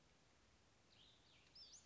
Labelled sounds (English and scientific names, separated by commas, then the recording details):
Western Flycatcher (Empidonax difficilis)
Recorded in Sonoma County, California